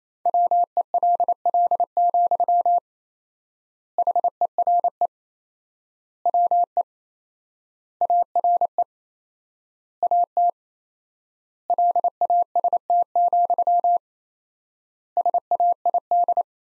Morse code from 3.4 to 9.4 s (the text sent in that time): HERE WE ARE